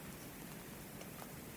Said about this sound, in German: Es beginnt zu nieseln und zu duften nach grünen Blättern.